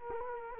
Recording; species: mosquito wingbeat signal from an infrared sensor; Culex quinquefasciatus